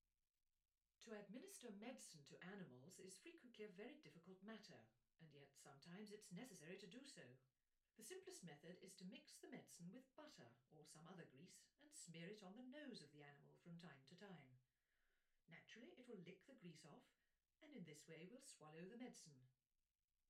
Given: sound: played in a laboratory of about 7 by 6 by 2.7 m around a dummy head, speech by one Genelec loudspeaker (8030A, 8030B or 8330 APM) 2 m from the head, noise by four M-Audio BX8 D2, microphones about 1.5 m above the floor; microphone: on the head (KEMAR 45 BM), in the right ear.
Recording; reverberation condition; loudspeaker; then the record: female speech in English; low; 30 degrees to the left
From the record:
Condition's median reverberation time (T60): about 310 ms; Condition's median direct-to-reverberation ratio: about 3.5 dB